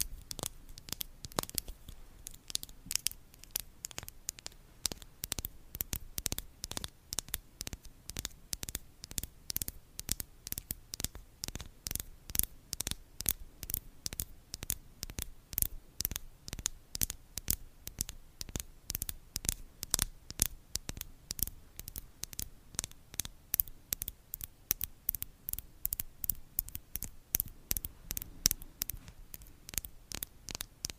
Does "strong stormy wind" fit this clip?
no